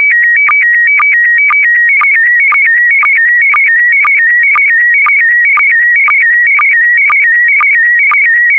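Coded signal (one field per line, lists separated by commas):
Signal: SSTV (slow-scan television)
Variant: PD120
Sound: warbling tone shifting between two pitches, with a short low blip about twice a second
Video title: (05 of 12) ISS Expedition 63 - MAI-75 August 2020 - Retransmission SSTV PD120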